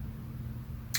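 A plastic hair piece with two big rings is pressed onto a toy doll's head, with thick hair getting in the way, over a steady low hum. A short, sharp click sounds at 0.95 s, but the other half of the piece falls off, so it is only partly seated.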